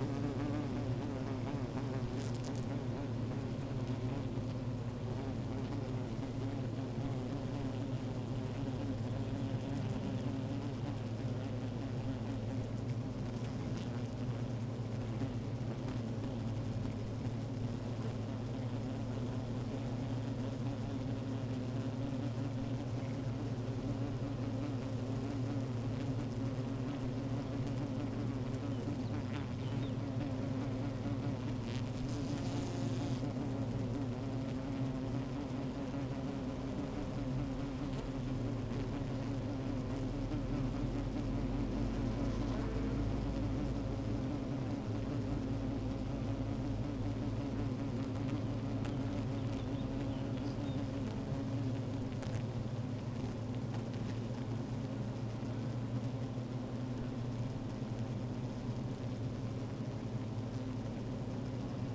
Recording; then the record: honeybee colony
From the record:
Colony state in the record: active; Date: 28 July 2017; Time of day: 15:51